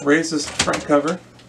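Someone talks while the plastic front cover of a Canon MF733 laser printer is raised toward its locked position, after the toner tray has been slid back in. There are only faint handling sounds under the voice, which trails off quietly near the end. Nothing has seated or clicked yet.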